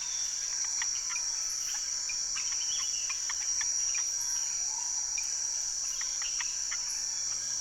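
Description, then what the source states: Amphibians give many quick clicking notes in loose clusters, with a steady high insect buzz running throughout. Amphibians calling from the ground as rain approaches, trail among tall trees, Saül, French Guiana, 16 November 2006; Nagra Ares BB+ recorder, cardioid MKH40 microphones.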